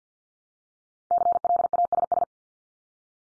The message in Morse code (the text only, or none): CLASS